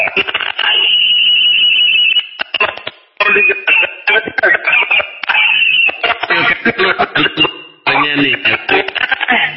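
A caller's radio plays in the background over a thin, tinny phone line, its muffled broadcast sound continuous and loud, broken by sharp clattering bursts and brief dropouts.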